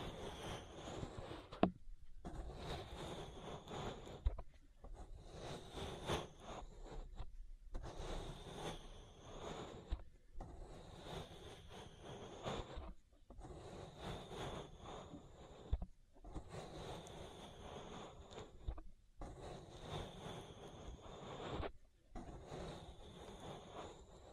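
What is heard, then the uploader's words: Ear massage: dense rubbing and scraping strokes, each lasting about two to three seconds and separated by brief silent gaps, repeating at a fairly regular pace. The texture is thick and full, with a soft hiss running over the top of each stroke. ASMR Relaxing Ear Massage. (No Talking).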